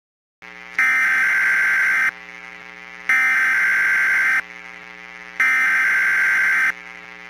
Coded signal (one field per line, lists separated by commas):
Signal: Emergency Alert System (SAME) tones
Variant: header bursts